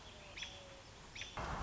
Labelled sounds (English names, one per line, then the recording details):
American Robin
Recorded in Sonoma County, California